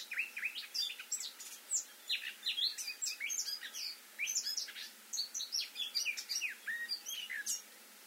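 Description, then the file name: Eurasian blackcap song, a lively, unbroken warble of jumbled chirps and short slurred notes that rise and fall. "Sylvia atricapilla"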